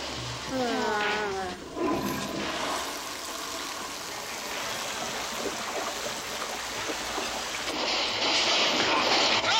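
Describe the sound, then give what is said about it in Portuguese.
A toilet flush in a bathroom is held down and roars with steady rushing, gurgling water that runs loud and unbroken for nearly ten seconds, with a brief warbling tone near the start and a surge toward the end. “Isso, segura a descarga.”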